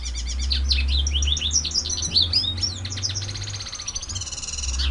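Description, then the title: White-eye song, fast continuous chattering of high slurred notes and rapid trills, ending in a steady buzzy trill, over a low background hum. Ngerol ngalas song style. "Suara Burung Pleci Ngerol Ngalas"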